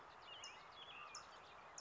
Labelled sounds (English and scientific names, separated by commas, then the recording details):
California Towhee (Melozone crissalis)
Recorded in Sonoma County, California